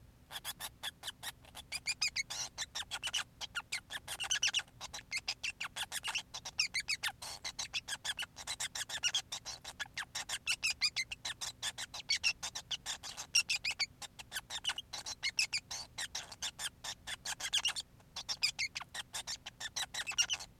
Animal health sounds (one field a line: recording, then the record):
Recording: song of a male Bengalese finch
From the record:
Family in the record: son of father 5